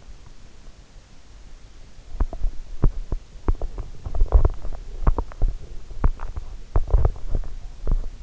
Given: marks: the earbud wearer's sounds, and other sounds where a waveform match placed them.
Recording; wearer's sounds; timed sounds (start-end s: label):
sounds in sleep by an in-ear microphone; teeth grinding
2.12-8.23 s: teeth grinding